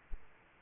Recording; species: mosquito wingbeat signal from an infrared sensor; Aedes aegypti